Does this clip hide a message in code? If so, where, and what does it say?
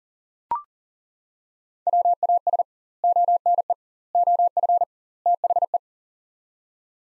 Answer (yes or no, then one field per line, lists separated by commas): yes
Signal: Morse code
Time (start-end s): 1.9-5.8 s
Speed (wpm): 37 wpm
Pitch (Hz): 700 Hz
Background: none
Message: WAS ONE OF THE